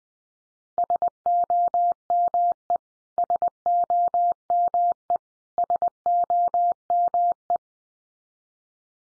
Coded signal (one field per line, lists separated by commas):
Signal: Morse code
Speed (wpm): 20 wpm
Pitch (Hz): 700 Hz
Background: none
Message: SOME SOME SOME